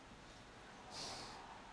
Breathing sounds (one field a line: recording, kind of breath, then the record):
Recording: one breath in and out by a microphone near the nose and mouth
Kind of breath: normal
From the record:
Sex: male